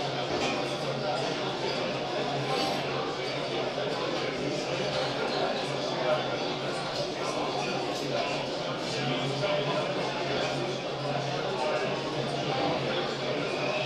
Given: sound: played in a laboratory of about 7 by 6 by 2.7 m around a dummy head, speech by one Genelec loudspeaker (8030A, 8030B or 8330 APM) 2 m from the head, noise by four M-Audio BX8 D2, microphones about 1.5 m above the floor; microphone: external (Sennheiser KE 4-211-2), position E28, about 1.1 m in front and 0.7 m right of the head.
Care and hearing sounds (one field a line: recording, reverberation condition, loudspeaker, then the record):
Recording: cafeteria noise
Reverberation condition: medium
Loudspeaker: four, about 170 cm from the corners of the room and facing them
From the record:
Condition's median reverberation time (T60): about 510 ms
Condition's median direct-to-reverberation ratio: about -0.5 dB